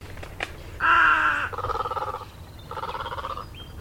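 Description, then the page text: Plumed egret giving three harsh, nasal, buzzy croaks, the first loudest and the next two softer and pulsing, over low background rumble. Australia. "Bird Plumed Egret Call. Australian birds"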